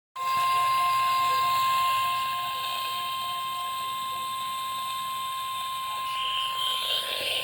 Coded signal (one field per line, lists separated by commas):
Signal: Emergency Alert System (SAME) tones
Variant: 1050 Hz attention tone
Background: speech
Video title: EAS/NWR Alert or message #1256-1257: Tornado Watch #1 for 2023